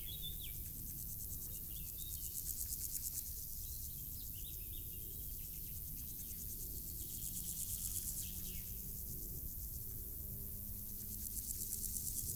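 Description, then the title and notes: Insects stridulating in grass, a dense high buzzing in repeated pulsed bursts, with faint bird chirps and a steady low rumble. Insects stridulating in grass on île Gabriel, Brangues, France, during a Rhône scouting trip; sunny summer afternoon, June 2021; two small Lom Usi Pro capsules in AB stereo with SD MixPre 6. "île Gabriel - Brangues, France - Bourdons et crissements estivaux. Une après-midi ensoleillée sur l'île Gabriel. en juin 2021. je dépose deux petites capsules dans l'herbe afin de capter les stridulations des insectes à cette saison"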